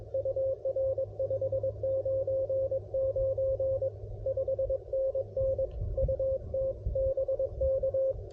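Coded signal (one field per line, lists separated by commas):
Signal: Morse code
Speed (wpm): 22 wpm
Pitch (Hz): 530 Hz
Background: radio noise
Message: UR599 5NN UT BK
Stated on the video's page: CW park activation on a CFT1 transceiver with MC-750 antenna, T1 tuner and paddle.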